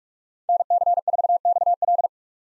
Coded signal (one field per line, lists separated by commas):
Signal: Morse code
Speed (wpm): 47 wpm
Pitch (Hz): 700 Hz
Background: none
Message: NC4XL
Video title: 2023 POTA Activator Call Signs - 45wpm